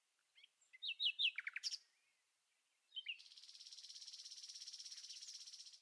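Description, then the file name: Common nightingale song: quick clipped whistled notes and a descending flourish, a pause, then a long thin buzzy trill held at high pitch for nearly three seconds. "Rossignol-philomèle"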